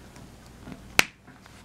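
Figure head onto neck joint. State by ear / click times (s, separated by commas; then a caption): seated / 1.0 s. The plastic head of a Soap Studios Ra's al Ghul & Bruce Wayne League of Shadow Gear Pack action figure, which had come off or been moved off its neck joint, is pressed back on. After quiet handling noise, a single sharp, bright pop at 1.0 s marks the head seating back onto the neck joint, followed by faint small ticks.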